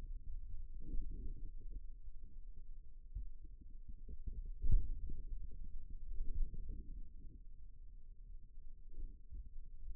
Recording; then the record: forearm muscle sounds (acoustic myography)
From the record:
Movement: finger pinch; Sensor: system 2, bracelet of six BSWA MPA416 microphones around the upper forearm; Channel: 4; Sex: male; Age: 22 years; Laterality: right